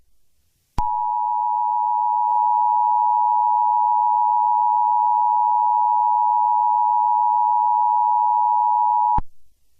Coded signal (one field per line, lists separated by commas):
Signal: Emergency Alert System (SAME) tones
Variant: 853 and 960 Hz attention tone